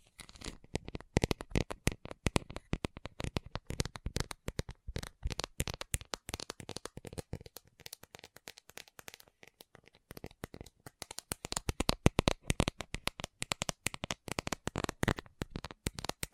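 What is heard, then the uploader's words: Fast tapping runs through the whole sixteen seconds, a dense stream of sharp, crisp clicks packed closely together with only brief gaps. The hits are bright, uneven in loudness, and grow louder and busier after about twelve seconds. ASMR Fast Tapping for Intense Tingles (No Talking).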